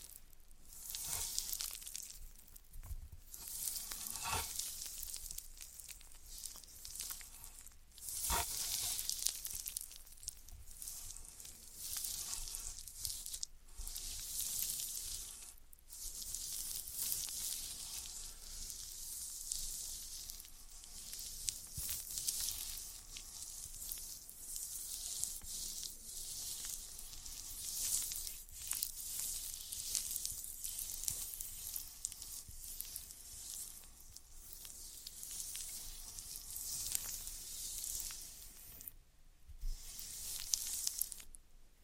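Floral foam being worked on, giving a dense, hissy crackle that sits high and bright for the whole stretch, like sizzling. The texture shifts constantly with short rustling surges, and brief sharper crunches stand out near 3, 8, 15 and 39 seconds.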